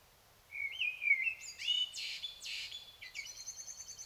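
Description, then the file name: Common blackbird song: a short fluty opening phrase, followed by several high, thin, squeaky and scratchy twittering notes. "Turdus merula"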